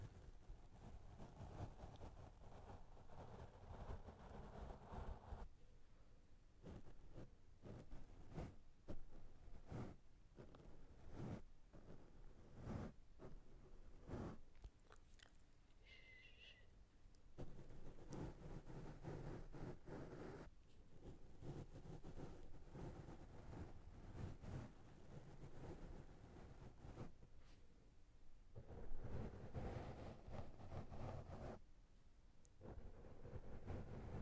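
Brushes are dragged and rubbed across a microphone, giving a dense, scratchy rustle with a heavy low rumble. Strokes come in rapid bursts, with a brief softer patch around 16 seconds where a faint high tone shows, then steady scrubbing resumes to the end.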